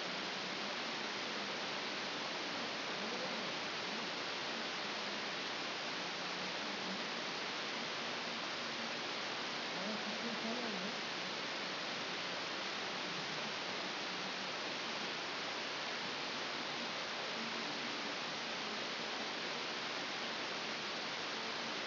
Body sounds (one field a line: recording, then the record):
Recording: brain microelectrode recording played as sound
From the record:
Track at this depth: inside the subthalamic nucleus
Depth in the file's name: 3.327 mm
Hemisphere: left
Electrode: 2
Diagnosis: Parkinson's disease